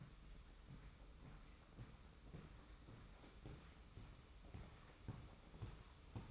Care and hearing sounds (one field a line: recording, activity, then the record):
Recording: daily activity, microphone in the room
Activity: walk to room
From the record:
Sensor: 1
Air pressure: 991.1 hPa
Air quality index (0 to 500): 91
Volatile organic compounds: 34 ppm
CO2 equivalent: 3031 ppm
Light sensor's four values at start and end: 35/114/44/46 and 34/108/43/45